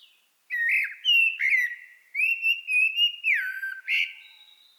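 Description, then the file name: Common blackbird singing fluted, warbled phrases with brief high squeaks mixed in, ending on a downward slur and a short bright flourish. "Turdus merula"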